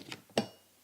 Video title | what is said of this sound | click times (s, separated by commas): [민포터TV] 호텔에서 전기포트를 사용하면 안되는 이유! 휴대용 전기포트, 꼭 챙겨가세요! | 걸리는 소리가 날때까지 손잡이를 반드시 다 펴 주신 다음에 물을 끓여서 들어 주셔야 되요 | 0.4 s